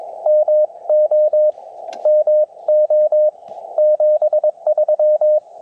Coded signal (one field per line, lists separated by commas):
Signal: Morse code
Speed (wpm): 21 wpm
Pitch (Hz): 590 Hz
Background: radio noise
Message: MO MO 73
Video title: Lunch Time POTA CW Activation - 9/8/23 @ K-4451